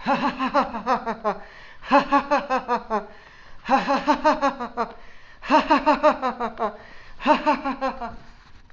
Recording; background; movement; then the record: laughter; quiet; walking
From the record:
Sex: male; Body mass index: 20.6 kg/m2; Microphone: on the chest, facing outward